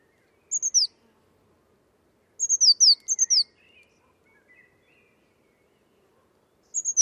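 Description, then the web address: Bird calling in three short bursts of high, thin, downward-slurred notes, with faint lower chirps between them. Bird sounds only, class labelled Cy Ca. "cianscape birddata Deverinetal 2025 Bird Only Cy Ca"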